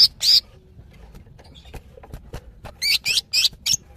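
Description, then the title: Greater green leafbird calls: a couple of harsh squeaky notes, a pause, then four rapid chattering notes in quick succession, with faint clicks between. Female calling a male, described as highly vocal (gacor hiper). "CUCAK IJO BETINA GACOR HIPER MEMANGGIL JANTAN"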